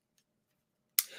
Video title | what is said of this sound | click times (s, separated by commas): Product Deals and Gift Ideas with Clown Live #giveaway #amazonlive #shoppingdragons | Click it into place. Now that clicked into place and is locked now. | 1.0 s